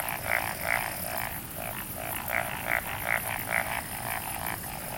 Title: Summer Japan, Hokkaido. Night Paddy's frogs. 夜の水田のカエル